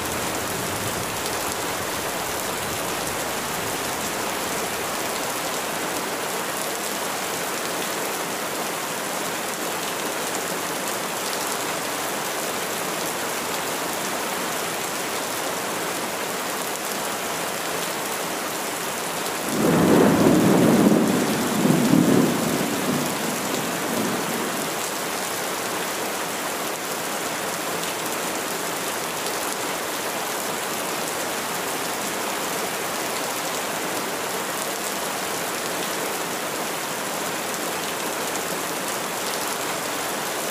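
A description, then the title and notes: Steady rain hisses evenly throughout, a dense, bright patter with no letup. Around the twentieth second a low rumble of thunder rolls in, swelling for a few seconds and fading by about twenty-five seconds before the rain carries on alone. Thunder and Rain.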